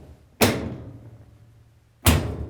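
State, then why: Seated. After its lanyard is removed and a lid lock switch assembly 134101800 has been installed, the top panel of a Frigidaire/Electrolux washer is lowered and pressed down so its clips snap into the washer cabinet. Two loud, sharp thumps sound at 0.4 s and 2.1 s, apparently one for each side, each with a bright, ringing decay over a quiet low hum. The top panel is seated in place.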